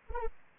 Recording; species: mosquito wingbeat signal from an infrared sensor; Anopheles arabiensis